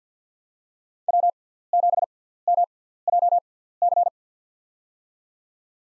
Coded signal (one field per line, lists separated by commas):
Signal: Morse code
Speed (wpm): 50 wpm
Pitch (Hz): 700 Hz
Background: none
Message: W7MJC